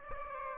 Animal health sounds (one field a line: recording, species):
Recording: mosquito wingbeat signal from an infrared sensor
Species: Aedes aegypti